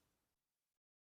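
The plastic ignition wire connector is being pushed back onto the last ignition coil of a 2005 Porsche Cayenne (955, 3.2L V6 engine). A steady broadband hiss slowly fades over about 0.8 seconds, then drops to near silence before a faint return at the very end. Nothing has seated or clicked yet.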